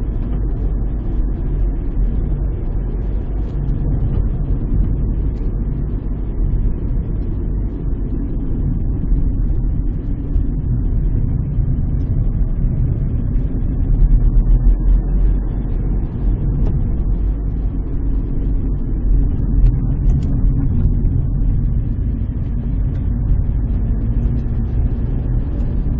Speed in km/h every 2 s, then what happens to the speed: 32, 35, 38, 34, 27, 22, 22, 37, 37, 32, 24, 21, 30.
0-5 steady at about 35. 5-12 slows to 22. 12-14 speeds up to 37. 18-21 brakes to 21. 21-26 speeds up to 30.